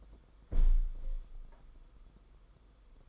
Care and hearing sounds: daily activity, microphone in the room; close window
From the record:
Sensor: 5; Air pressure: 990.5 hPa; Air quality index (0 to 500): 164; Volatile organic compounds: 301 ppm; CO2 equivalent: 4483 ppm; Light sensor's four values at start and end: 17/40/16/18 and 17/40/16/18

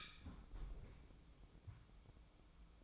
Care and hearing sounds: daily activity, microphone in the room; close fridge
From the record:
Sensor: 1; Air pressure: 1007.7 hPa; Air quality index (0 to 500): 86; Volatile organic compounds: 1 ppm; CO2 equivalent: 743 ppm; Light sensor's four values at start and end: 13/32/13/15 and 13/32/13/15

